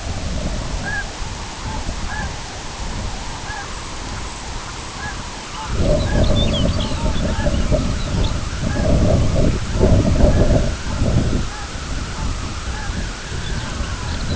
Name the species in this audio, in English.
Snow Goose, White-rumped Sandpiper, Lapland Longspur